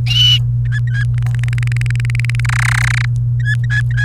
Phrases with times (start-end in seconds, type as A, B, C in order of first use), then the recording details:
0.65-1.03 A, 1.18-2.40 B, 2.45-3.05 C, 3.40-4.03 A. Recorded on 29 April 2018 at 12:59. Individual llb3